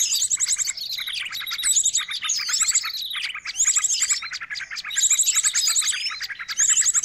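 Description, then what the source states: Bird: a flock-like tangle of bird chirps and twitters, sharp high notes and fast trills, with rattling bursts returning several times. Noisy birds used to lure birds.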